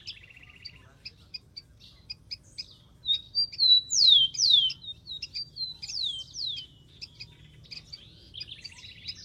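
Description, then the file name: Rufous-collared sparrow singing: scattered high chip notes, then a run of clear descending slurred whistles, with short dry trills at the start and end. "canto do tico tico"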